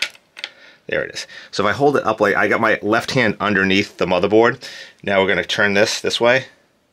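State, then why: Not seated. A Thermalright LGA contact-frame screw is handled over a motherboard, with one hand holding the board from underneath before the screw is turned counterclockwise into the metal backplate. Someone talks throughout, with a few faint ticks in the first half second. Nothing has seated or clicked yet.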